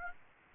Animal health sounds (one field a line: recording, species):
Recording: mosquito wingbeat signal from an infrared sensor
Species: Aedes aegypti